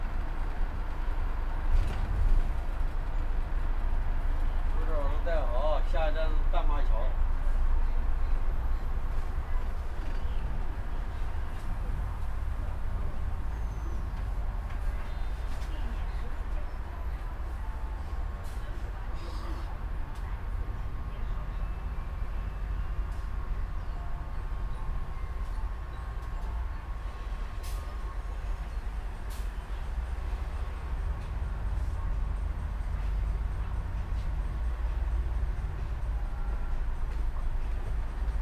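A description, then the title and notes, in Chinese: Sitting out in the sun, a steady low rumble of passing vehicles fills the air, with a brief voice around five to seven seconds. 坐在300快外晒太阳｜城市声音。很喜欢300快外公交，坐在二层的第一排，被太阳从头到脚晒着，很浪漫。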